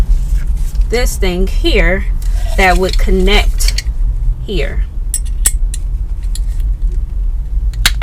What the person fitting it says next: make sure you hear that clicking noise to make sure you have secured that properly okay